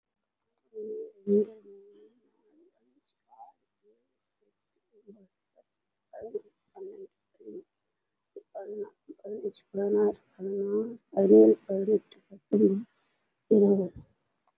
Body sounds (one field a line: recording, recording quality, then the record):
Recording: counting at a fast pace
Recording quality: poor, much background noise or distortion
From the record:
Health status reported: respiratory illness, not identified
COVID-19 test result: negative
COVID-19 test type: RT-PCR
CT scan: not taken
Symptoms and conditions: cough, cold, fatigue, asthma, another respiratory illness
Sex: female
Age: 34 years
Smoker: no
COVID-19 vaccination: none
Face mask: not worn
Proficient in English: no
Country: India